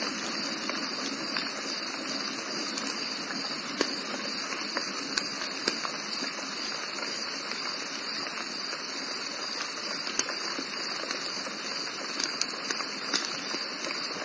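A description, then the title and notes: Rain falls steadily at night, a dense, even hiss that holds at the same level throughout. Sharp little taps and drips stand out every second or so, with a few louder ticks near 4, 10 and 13 seconds. Faint low murmurs sit underneath. The rain at night.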